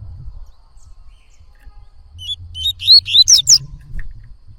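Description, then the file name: Yellow-bellied Seedeater song: a few soft chirps building to louder, rapid, sharp notes, over a low background rumble. Bird singing a lot, tui-tui song style. "Coleiro Baiano Cantando Muito Canto Tui Tui"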